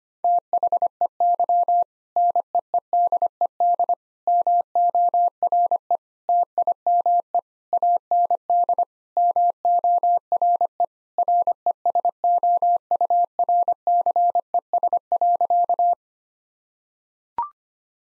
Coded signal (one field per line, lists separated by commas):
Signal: Morse code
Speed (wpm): 25 wpm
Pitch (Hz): 700 Hz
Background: none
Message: THEY NEEDED MORE TIME AND MORE RESOURCES.